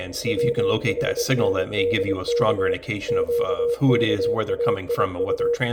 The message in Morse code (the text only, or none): WHNDK QKAIU